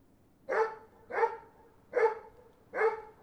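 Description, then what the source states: Dog barking, four sharp mid-pitched barks evenly spaced less than a second apart, over a quiet background. More than one dog in the recording.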